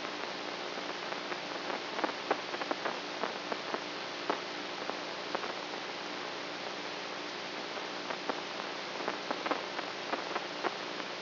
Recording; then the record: brain microelectrode recording played as sound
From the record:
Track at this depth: inside the subthalamic nucleus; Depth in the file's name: 4.001 mm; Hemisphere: right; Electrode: 3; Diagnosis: Parkinson's disease